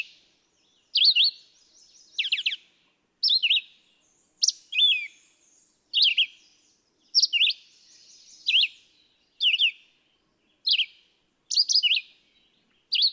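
Red-eyed vireo singing persistent brief whistled phrases, rising and falling, at a steady pace of about one per second; quiet background.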